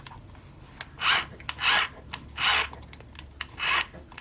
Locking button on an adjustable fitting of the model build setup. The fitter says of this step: There we go. That button actually did lock into place.